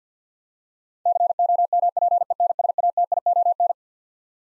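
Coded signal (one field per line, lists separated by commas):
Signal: Morse code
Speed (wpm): 50 wpm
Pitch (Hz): 700 Hz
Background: none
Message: COMPENSATION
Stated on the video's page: Twelve-letter words sent at 50 wpm for head-copy practice, each word sent, then spoken, then sent again.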